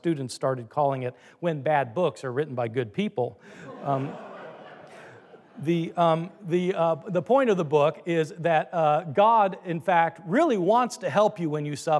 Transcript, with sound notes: My students started calling it, When Bad Books Are Written by Good People. (laughter) Um, (laughter) The, um, the, uh, the point of the book is that, uh, God, in fact, really wants to help you when you suffer.